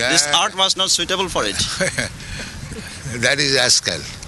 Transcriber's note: laughs